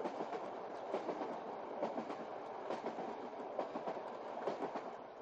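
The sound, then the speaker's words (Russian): A long-distance train rolls steadily past dense snow-covered forest, its wheels clacking over rail joints in a repeating rhythm of sharp clicks above a continuous rumbling roar, with no voices. “Смирнов курит в тамбуре поезда дальнего следования.”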